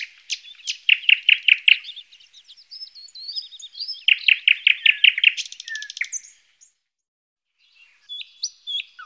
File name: noordse nachtegaal thrush nightingale